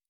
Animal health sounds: hydrophone in a shrimp aquaculture tank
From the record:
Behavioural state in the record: normal

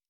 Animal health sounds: hydrophone in a shrimp aquaculture tank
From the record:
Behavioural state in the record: normal

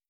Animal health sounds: hydrophone in a shrimp aquaculture tank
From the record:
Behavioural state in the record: starved

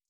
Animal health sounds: hydrophone in a shrimp aquaculture tank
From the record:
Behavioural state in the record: stressed

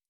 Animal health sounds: hydrophone in a shrimp aquaculture tank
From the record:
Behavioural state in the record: stressed

